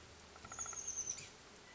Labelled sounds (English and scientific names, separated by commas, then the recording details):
Oak Titmouse (Baeolophus inornatus)
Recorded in Sonoma County, California